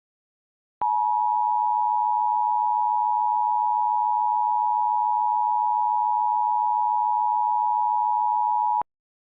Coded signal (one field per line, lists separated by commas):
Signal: Emergency Alert System (SAME) tones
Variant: 853 and 960 Hz attention tone